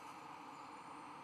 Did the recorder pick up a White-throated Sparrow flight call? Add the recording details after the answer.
no. No flight call is heard. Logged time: 11:49 on 1 December 2014